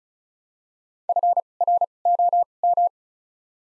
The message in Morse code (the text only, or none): F R O M